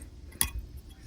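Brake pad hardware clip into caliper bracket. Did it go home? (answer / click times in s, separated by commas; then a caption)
yes / 0.4 s. A brake pad abutment hardware clip is pressed into the caliper bracket on the other side during a brake pad and rotor swap on a Sierra / Silverado. One sharp, bright snap rings out at 0.4 s over a low background rumble. The clip snaps into place and is seated.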